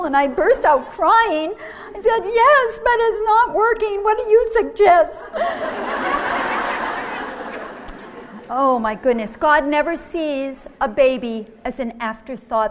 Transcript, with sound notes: I burst out crying and said, "Yes, but it's not working! What do you suggest?" [laughter] Oh, my goodness! God never sees a baby as an afterthought.